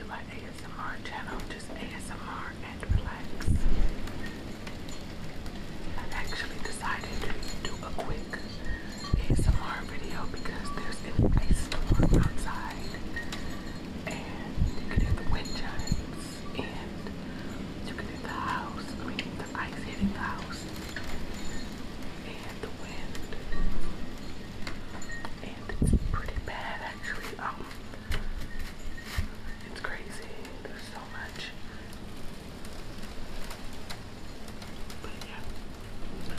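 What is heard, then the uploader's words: Someone clears ice from a car outdoors, with irregular scraping and knocking bursts through the clip, the sharpest hits near 4, 9–12, 15 and 26 seconds. Crunchy footsteps and short scrapes fill the gaps, over a low, steady hum of city traffic. Winter in the city. Scraping ice from windshield, knocking icicles from my bumper, crunching snow under my feet, slight city sounds and more.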